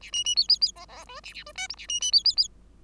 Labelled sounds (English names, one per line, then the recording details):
Bengalese Finch song
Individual Bird5